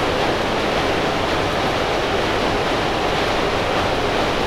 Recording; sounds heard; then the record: poultry house recording; no chicken sound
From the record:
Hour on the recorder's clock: 16